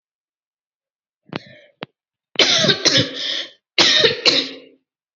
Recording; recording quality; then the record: heavy voluntary cough; excellent, no background noise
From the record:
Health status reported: COVID-19 positive, moderate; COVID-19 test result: positive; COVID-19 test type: RT-PCR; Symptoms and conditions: cold, breathing difficulty, sore throat, muscle pain, loss of smell and taste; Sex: female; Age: 22 years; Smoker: no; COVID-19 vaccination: both doses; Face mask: worn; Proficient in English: yes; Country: India